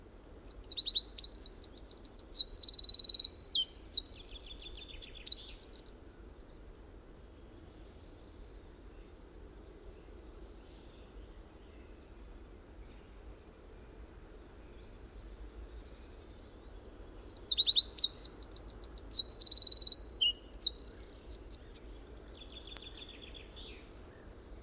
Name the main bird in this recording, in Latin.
Troglodytes troglodytes